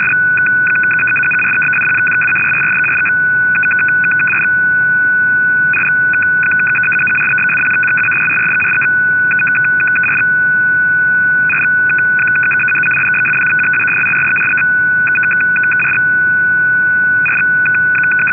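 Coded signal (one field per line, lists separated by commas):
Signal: numbers station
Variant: F06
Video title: F06 16236kHz 17:00UTC - Digital Numbers Station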